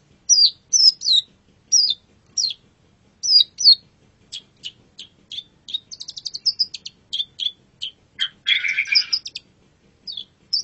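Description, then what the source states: Long-tailed shrike song: varied high chirps and slurred notes, some harsh scratchy bursts and a rasping patch near the end, delivered in quick irregular phrases. Masteran (tutor) song recording of the long-tailed shrike, known locally as cendet.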